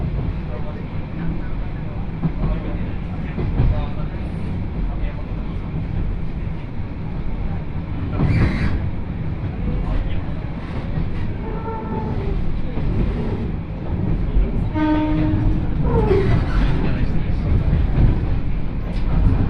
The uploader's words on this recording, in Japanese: 鉄道旅 予土線 宇和島→近永。キハ５４のロングシートにもう1両トロッコ車両がついていますが、こちらは途中の江川崎から乗車可能で、それに乗る人たちで混雑しています。